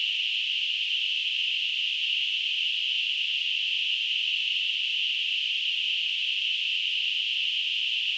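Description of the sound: A steady, continuous high-pitched band of noise simulating tinnitus.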